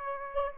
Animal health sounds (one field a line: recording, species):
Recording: mosquito wingbeat signal from an infrared sensor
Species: Aedes aegypti